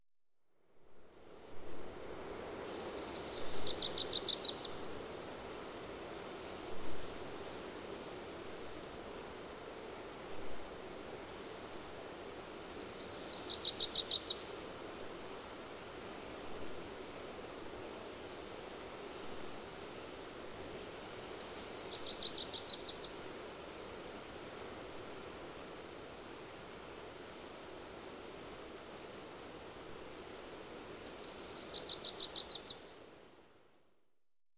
Wilson's Warbler song recorded on the Fern Lake Trail in Rocky Mountain National Park.